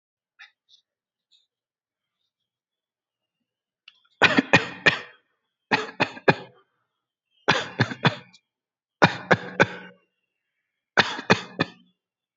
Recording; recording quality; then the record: shallow voluntary cough; excellent, no background noise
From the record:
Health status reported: healthy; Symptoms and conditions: none ticked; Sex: male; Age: 31 years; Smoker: not ticked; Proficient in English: yes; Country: India